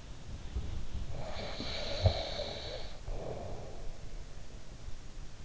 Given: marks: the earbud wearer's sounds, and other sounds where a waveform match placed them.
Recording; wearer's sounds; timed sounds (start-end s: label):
sounds in sleep by an in-ear microphone; snoring breath
0.00-4.01 s: sound from someone else or the room
0.92-4.01 s: snoring breath